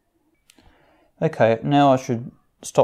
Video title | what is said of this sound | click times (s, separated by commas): Comparing the pigmented fineliner brands. An overly critical review | the cap also snaps on to the top with an incredibly loud click | 0.5 s